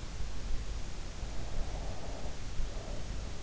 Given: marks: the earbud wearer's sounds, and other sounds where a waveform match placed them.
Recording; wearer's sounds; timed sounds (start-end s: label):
sounds in sleep by an in-ear microphone; breath
1.45-3.42 s: breath